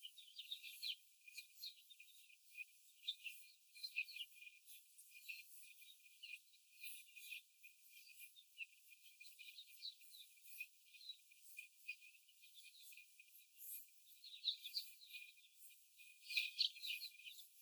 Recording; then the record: young laying hens in a cage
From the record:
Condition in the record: before the stressor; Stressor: simulated dog barking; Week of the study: 4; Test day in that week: 1